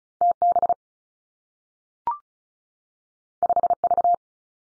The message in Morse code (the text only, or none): T B 5 V